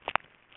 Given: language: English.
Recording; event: throat vibration sensor signal played as sound; swallow